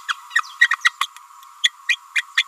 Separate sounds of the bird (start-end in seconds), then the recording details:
0.08-0.14, 0.35-0.41, 0.60-0.68, 0.70-0.76, 0.84-0.91, 1.00-1.07, 1.63-1.70, 1.89-1.97, 2.15-2.23, 2.37-2.44. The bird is a female. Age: 29 days. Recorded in a nest box in Venezuela. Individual 17B31A3